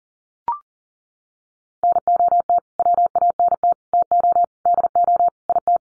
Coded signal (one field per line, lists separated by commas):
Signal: Morse code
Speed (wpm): 40 wpm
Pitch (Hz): 700 Hz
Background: none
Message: NOT WANT TO DO IT